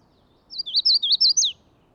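Magnolia warbler song: one brisk phrase of about six high, slurred sweet notes, wavering up and down and ending in a sharp upslurred then falling note.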